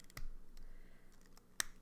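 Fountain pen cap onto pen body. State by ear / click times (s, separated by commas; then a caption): seated / 1.6 s. The plastic cap of a TWSBI Swipe fountain pen is pushed onto the pen body, with a few faint ticks before it. At 1.6 s a sharp, bright click is heard as the cap snaps shut and seats.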